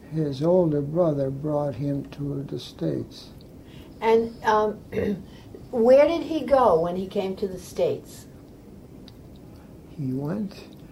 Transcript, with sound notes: his older brother brought him to the states.
And um (clears throat) where did he go when he came to the states?
He went